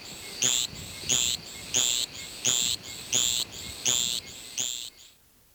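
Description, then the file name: Javelin frog repeating short, very high, sharp zeet notes roughly every 0.7 seconds, seven calls in a regular series before falling quiet. "Litoria microbelos"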